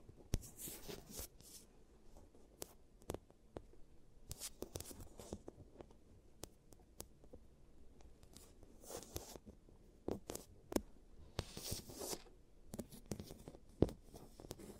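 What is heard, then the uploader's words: Crisp tapping, clicking and scraping sounds from an ASMR teeth treatment, arriving in irregular bursts every second or so against a quiet background. Some strokes are short sharp ticks, others longer rough scrapes, with a few louder clacks near the end. ASMR Giant Teeth Treatment, Fixing Your Cavities (No Talking).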